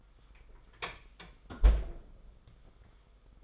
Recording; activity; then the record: daily activity, microphone in the room; close fridge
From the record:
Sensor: 5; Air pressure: 991.1 hPa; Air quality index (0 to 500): 111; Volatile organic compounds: 28 ppm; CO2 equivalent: 2903 ppm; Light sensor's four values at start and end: 34/96/38/41 and 34/97/38/41